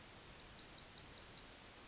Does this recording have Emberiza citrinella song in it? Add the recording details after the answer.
yes. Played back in forest. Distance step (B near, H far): E. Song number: 108